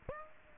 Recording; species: mosquito wingbeat signal from an infrared sensor; Aedes aegypti